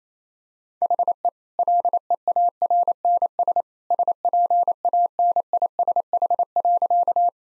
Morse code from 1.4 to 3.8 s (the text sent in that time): LEARNS